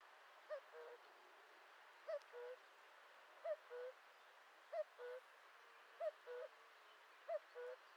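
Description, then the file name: Common cuckoo calling its two-note cu-coo, a higher note falling to a lower one, repeated at a steady pace over quiet background hiss. "Le coucou"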